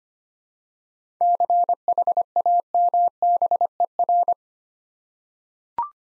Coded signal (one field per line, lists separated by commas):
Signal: Morse code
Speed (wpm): 25 wpm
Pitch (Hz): 700 Hz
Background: none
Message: CHAMBER